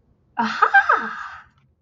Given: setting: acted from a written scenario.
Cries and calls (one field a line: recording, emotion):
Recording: vocal sound without words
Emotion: triumph